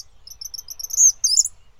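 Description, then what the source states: Eastern kingbird call: a run of thin, very high stuttering chips building into a louder, shrill buzzy sputter near the end. Calls described as more shrill than a chipmunk's chip trill and increasing in volume.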